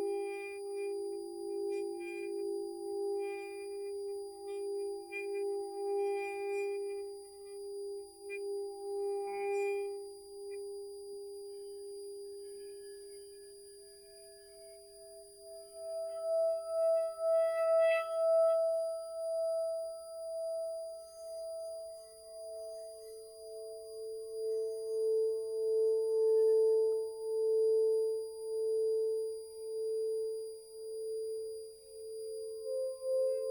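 A sound bath of ringing singing bowls, several steady tones humming and beating against each other in slow waves. Light metallic ticks and shimmers scatter over the first ten seconds, the sound dips around fourteen seconds, then new bowls swell in, higher.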